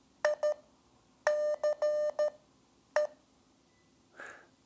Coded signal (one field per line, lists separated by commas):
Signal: Morse code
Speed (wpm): 13 wpm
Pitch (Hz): 600 Hz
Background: none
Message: ICE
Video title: How I Learned Morse Code in 2.5hrs (AND YOU CAN LEARN IT QUICKER)